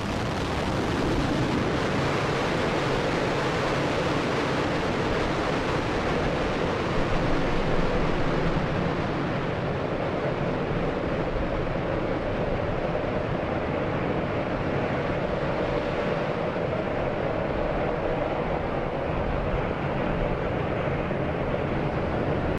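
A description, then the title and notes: A rocket engine static fire test roars without a break, a dense, steady rumble heavy in the low end with a hissing wash above it. The loudness barely changes across the whole stretch, with a slight surge around seven seconds. Starship Booster 9 Raptor Engine Static Fire Test.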